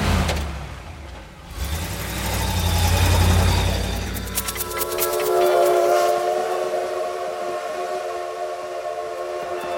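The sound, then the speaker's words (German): A train rolls into a railway station in Nice in the morning with a deep, swelling rumble and rhythmic clatter, then a long, steady high-pitched brake squeal rings out over fading wheel noise. No voices. “Sie waren kaum auf die Rampe des Bahnhofs getreten, als sie der Anblick des in weißer Morgensonne vor ihnen liegenden Nizza aufs Tiefste verstimmte.”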